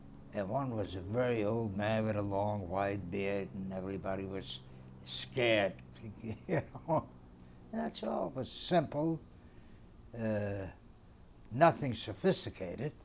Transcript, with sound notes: And one was a very old man with a long, white beard, and everybody was scared. ( he laughs ) That's all. It was simple. Nothing sophisticated,